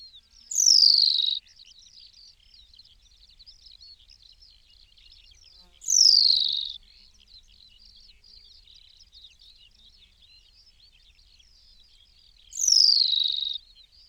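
New Zealand pipit giving three sharp, sliding downward screeches roughly every six seconds, with soft high chattering filling the gaps.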